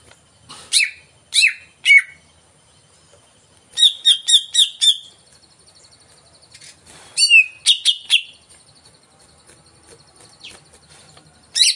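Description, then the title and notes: Greater green leafbird song with spaced downslurred notes, a rapid run of bright chirps, then a squawky slurred phrase and a final sharp note. Played as a lure to prompt a caged cucak ijo to sing; described as gacor, in full song. "Pancingan CUCAK IJO Mau Di Gantang. Cucak Ijo Gacor"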